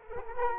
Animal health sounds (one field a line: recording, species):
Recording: mosquito wingbeat signal from an infrared sensor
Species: Culex quinquefasciatus